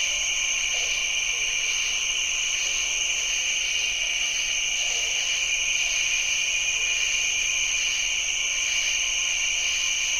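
A diffuse evening chorus of bird-voiced treefrogs fills the cypress swamp, a steady, dense wall of high trilling calls with no pauses. Faint softer chirps pulse through the middle range every second or so, while the low end stays quiet throughout.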